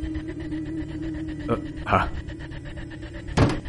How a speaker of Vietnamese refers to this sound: Tôi nghe một tiếng đập cửa rõ to vang lên, cùng với đó hình như là tiếng giật mình của bác bảo vệ.